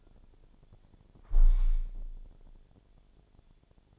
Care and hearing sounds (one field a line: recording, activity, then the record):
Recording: daily activity, microphone in the room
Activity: close window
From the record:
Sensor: 5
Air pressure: 1000.6 hPa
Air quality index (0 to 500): 154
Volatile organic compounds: 2 ppm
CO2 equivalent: 1180 ppm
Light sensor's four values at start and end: 40/94/39/42 and 40/94/39/42